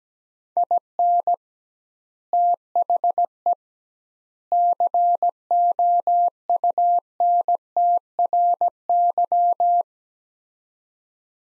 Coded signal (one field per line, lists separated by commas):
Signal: Morse code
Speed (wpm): 17 wpm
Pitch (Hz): 700 Hz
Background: none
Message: IN THE COUNTRY